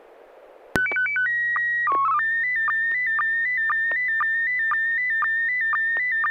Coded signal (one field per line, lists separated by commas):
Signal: SSTV (slow-scan television)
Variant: PD 120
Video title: N6NA SSTV Net - 03/26/2025